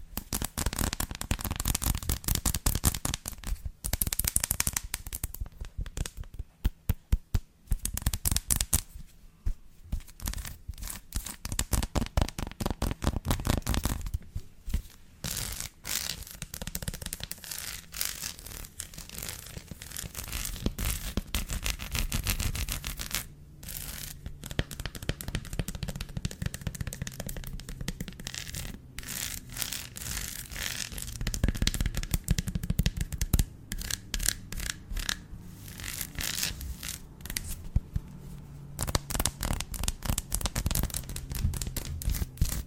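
Tapping and scratching on textured chocolate, a dense run of crisp, bright clicks and scrapes that rarely pauses. Bursts of rapid tapping alternate with rougher scratching, with brief quieter gaps near 5, 9, 14 and 24 seconds. A faint low hum sits underneath.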